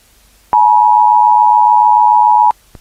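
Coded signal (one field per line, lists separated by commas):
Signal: Emergency Alert System (SAME) tones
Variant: 853 and 960 Hz attention tone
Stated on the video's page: Simulated nuclear attack scenario.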